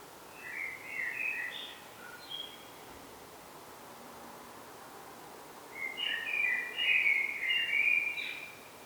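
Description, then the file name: Common blackbird song: a short fluted, warbling phrase near the start, then a longer, richer warbled phrase with squeaky high notes after a pause, over steady background hiss. "Turdus merula"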